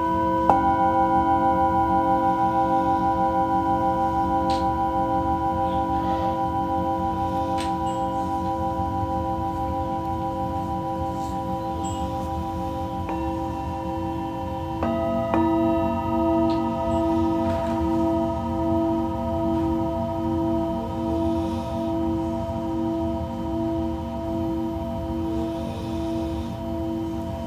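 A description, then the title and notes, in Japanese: Tibetan singing bowls ring with long, steady sustained tones that layer over one another. A bowl is struck near the start, a new tone enters around 13 seconds, and a brighter strike at about 15 seconds adds another ringing layer, while a low hum sits underneath throughout. 真夜中のシンギングボウルのサウンドヒーリング。チベタンシンギングボウル。メキシコ。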